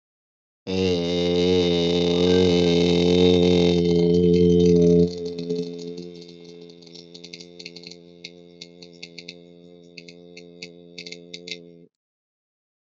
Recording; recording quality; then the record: sustained vowel as in made; excellent, no background noise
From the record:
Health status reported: healthy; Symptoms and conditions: none ticked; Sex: male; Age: 52 years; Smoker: not ticked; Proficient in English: yes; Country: India